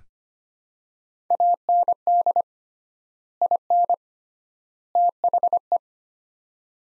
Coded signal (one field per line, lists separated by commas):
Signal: Morse code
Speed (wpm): 25 wpm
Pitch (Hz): 700 Hz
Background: none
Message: AND IN THE